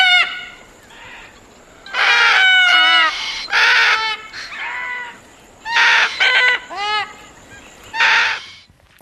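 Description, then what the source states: Red-tailed black cockatoo calls: harsh, rolling trumpeting screeches with rich harmonics, given in several bursts with pauses between, plus a faint steady high tone. Found in the West, across the North and in Central Australia; the black cockatoo best adapted to hot, arid climates.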